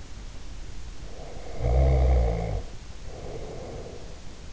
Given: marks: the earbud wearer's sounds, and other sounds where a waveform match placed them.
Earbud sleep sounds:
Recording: sounds in sleep by an in-ear microphone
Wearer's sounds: snoring breath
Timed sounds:
0.98-4.21 s: snoring breath

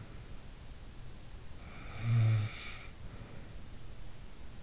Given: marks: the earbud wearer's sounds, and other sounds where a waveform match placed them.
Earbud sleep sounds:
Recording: sounds in sleep by an in-ear microphone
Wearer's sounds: snoring breath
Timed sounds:
0.62-4.28 s: snoring breath

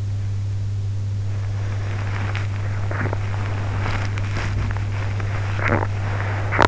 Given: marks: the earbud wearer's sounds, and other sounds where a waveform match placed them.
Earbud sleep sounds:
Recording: sounds in sleep by an in-ear microphone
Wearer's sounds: body movement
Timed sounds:
0.66-6.66 s: body movement

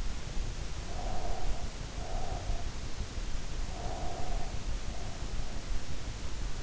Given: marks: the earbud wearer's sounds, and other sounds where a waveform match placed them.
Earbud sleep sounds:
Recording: sounds in sleep by an in-ear microphone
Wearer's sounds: breath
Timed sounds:
0.84-2.70 s: breath
3.74-5.56 s: breath

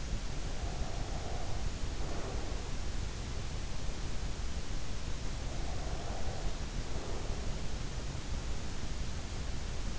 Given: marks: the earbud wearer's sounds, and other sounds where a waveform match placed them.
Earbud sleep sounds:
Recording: sounds in sleep by an in-ear microphone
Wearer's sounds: breath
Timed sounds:
0.00-3.25 s: breath
4.94-7.73 s: breath

